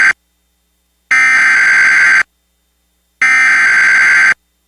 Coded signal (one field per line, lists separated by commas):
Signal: Emergency Alert System (SAME) tones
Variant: header bursts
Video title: (VALID TONES) EAS Recreation Mock - Boise Area SVR (2024/06/26)